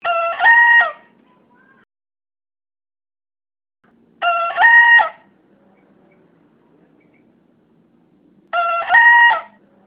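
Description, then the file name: Green junglefowl hybrid (bekisar): green junglefowl hybrid crowing repeatedly, three brief two-part crows roughly every four seconds with quiet pauses between them. Bekisar (green junglefowl hybrid), a young champion-prospect bird. "bekisar juara bakalan"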